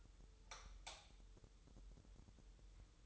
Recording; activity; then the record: daily activity, microphone in the room; light off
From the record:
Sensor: 3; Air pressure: 988.4 hPa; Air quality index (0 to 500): 189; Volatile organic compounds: 251 ppm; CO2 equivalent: 4364 ppm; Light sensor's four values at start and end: 11/29/12/11 and 8/19/8/8